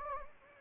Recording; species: mosquito wingbeat signal from an infrared sensor; Anopheles gambiae